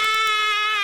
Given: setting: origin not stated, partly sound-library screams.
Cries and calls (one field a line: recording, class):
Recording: one-second piece from a danger detection set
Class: woman in danger